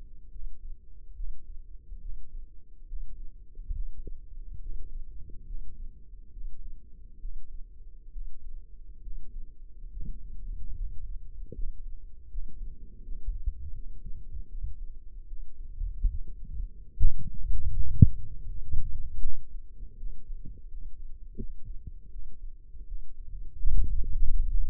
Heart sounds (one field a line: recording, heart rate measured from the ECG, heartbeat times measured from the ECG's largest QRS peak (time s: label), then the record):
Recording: heart sounds by microphone in the left ear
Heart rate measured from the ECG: 74 bpm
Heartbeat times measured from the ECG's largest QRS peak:
0.29 s: heartbeat
1.14 s: heartbeat
1.99 s: heartbeat
2.86 s: heartbeat
3.71 s: heartbeat
4.59 s: heartbeat
5.44 s: heartbeat
6.30 s: heartbeat
7.18 s: heartbeat
8.11 s: heartbeat
9.01 s: heartbeat
9.90 s: heartbeat
10.73 s: heartbeat
11.52 s: heartbeat
12.28 s: heartbeat
13.01 s: heartbeat
13.72 s: heartbeat
14.48 s: heartbeat
15.26 s: heartbeat
16.08 s: heartbeat
16.92 s: heartbeat
17.69 s: heartbeat
18.44 s: heartbeat
19.21 s: heartbeat
19.96 s: heartbeat
20.67 s: heartbeat
21.36 s: heartbeat
22.09 s: heartbeat
22.86 s: heartbeat
23.70 s: heartbeat
24.47 s: heartbeat
From the record:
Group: healthy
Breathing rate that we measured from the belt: 17 breaths a minute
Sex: male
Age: 35 years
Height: 178 cm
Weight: 64 kg